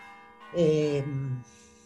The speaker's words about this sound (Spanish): Con lo tuyo, por ejemplo, Fede, no quiero dejar de hacer mención que dentro de lo experimental en Tucumán, lo que actualmente está pasando es lo de Federico Orio con, la, con los conciertos de campanas, porque para mí eso es como...